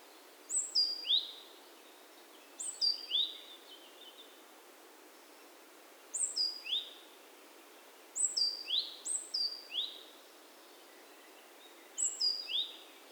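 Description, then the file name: Great tit calls: repeated groups of high notes, given at irregular intervals throughout over faint hiss. "Parus major"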